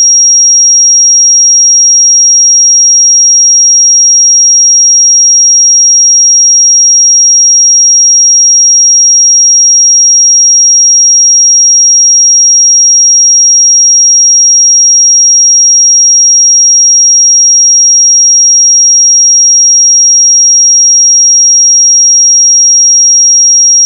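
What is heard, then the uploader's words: A pure sine tone at 5630 Hz holds perfectly steady for the whole clip. The pitch is high and thin and never wavers, and the loudness stays constant throughout. There are no other sounds and no background noise. 5630 Hz 1 Hz Interval Sine Pure Tone Frequency 441000 Sample Mono.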